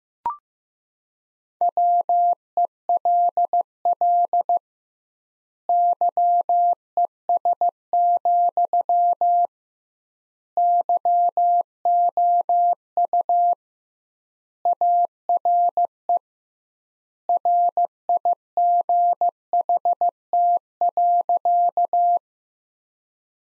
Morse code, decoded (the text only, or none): WELL YES, YOU ARE RIGHT.